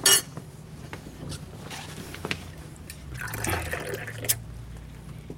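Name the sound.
shower water running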